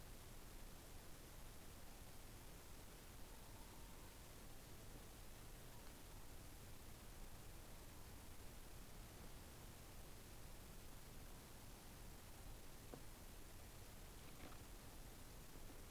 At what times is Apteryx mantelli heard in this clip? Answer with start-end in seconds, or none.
none